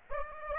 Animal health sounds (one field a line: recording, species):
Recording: mosquito wingbeat signal from an infrared sensor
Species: Aedes aegypti